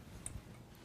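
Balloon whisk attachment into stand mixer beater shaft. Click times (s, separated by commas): 0.3 s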